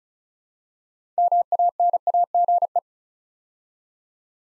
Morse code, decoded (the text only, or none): MANAGE